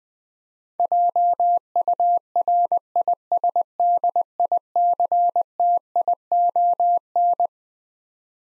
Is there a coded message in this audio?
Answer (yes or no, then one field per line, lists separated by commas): yes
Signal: Morse code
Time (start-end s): 0.8-7.5 s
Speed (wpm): 20 wpm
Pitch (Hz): 700 Hz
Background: none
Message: JURISDICTION